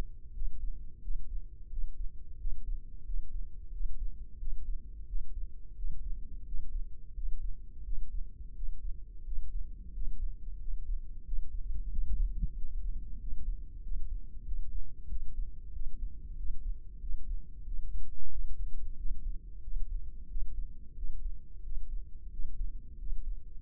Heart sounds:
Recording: heart sounds by microphone in the left ear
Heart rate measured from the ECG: 90 bpm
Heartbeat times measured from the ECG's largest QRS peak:
0.35 s: heartbeat
1.03 s: heartbeat
1.71 s: heartbeat
2.40 s: heartbeat
3.07 s: heartbeat
3.73 s: heartbeat
4.40 s: heartbeat
5.08 s: heartbeat
5.78 s: heartbeat
6.47 s: heartbeat
7.16 s: heartbeat
7.86 s: heartbeat
8.56 s: heartbeat
9.26 s: heartbeat
9.95 s: heartbeat
10.61 s: heartbeat
11.26 s: heartbeat
11.92 s: heartbeat
12.57 s: heartbeat
13.21 s: heartbeat
13.84 s: heartbeat
14.47 s: heartbeat
15.10 s: heartbeat
15.74 s: heartbeat
16.38 s: heartbeat
17.02 s: heartbeat
17.67 s: heartbeat
18.32 s: heartbeat
18.98 s: heartbeat
19.64 s: heartbeat
20.30 s: heartbeat
20.97 s: heartbeat
21.65 s: heartbeat
22.32 s: heartbeat
23.00 s: heartbeat
From the record:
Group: healthy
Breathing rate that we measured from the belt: 18 breaths a minute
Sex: male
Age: 21 years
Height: 175 cm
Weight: 72.6 kg

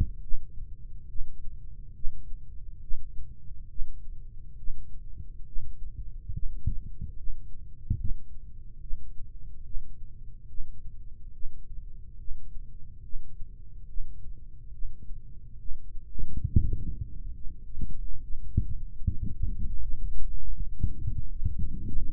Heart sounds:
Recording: heart sounds by microphone in the right ear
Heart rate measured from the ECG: 71 bpm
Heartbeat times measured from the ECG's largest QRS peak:
0.22 s: heartbeat
1.09 s: heartbeat
1.95 s: heartbeat
2.82 s: heartbeat
3.69 s: heartbeat
4.58 s: heartbeat
5.46 s: heartbeat
6.33 s: heartbeat
7.17 s: heartbeat
7.99 s: heartbeat
8.81 s: heartbeat
9.65 s: heartbeat
10.49 s: heartbeat
11.34 s: heartbeat
12.19 s: heartbeat
13.04 s: heartbeat
13.88 s: heartbeat
14.73 s: heartbeat
15.60 s: heartbeat
16.46 s: heartbeat
17.35 s: heartbeat
18.22 s: heartbeat
19.04 s: heartbeat
19.80 s: heartbeat
20.54 s: heartbeat
21.30 s: heartbeat
22.09 s: heartbeat
From the record:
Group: healthy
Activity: breath hold 0-18 s, rest 18-22 s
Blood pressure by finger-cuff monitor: 105/76 mmHg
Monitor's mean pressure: 86 mmHg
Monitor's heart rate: 70 bpm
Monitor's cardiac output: 3.3 L/min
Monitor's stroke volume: 47 mL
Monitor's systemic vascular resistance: 1870 dyn s/cm5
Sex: male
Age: 55 years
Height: 167 cm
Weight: 57.2 kg

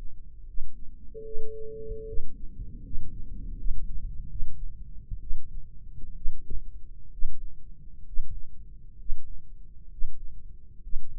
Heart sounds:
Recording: heart sounds by microphone in the right ear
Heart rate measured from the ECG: 70 bpm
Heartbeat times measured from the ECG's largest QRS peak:
0.45 s: heartbeat
1.23 s: heartbeat
2.05 s: heartbeat
2.82 s: heartbeat
3.55 s: heartbeat
4.27 s: heartbeat
5.19 s: heartbeat
6.14 s: heartbeat
7.10 s: heartbeat
8.03 s: heartbeat
8.96 s: heartbeat
9.88 s: heartbeat
10.80 s: heartbeat
From the record:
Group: healthy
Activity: rest 0-2 s, breath hold 2-11 s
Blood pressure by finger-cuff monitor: 97/66 mmHg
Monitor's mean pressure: 75 mmHg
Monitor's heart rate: 67 bpm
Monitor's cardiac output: 5.7 L/min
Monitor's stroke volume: 76 mL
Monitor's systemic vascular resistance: 980 dyn s/cm5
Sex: female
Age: 22 years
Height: 163 cm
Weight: 67.1 kg

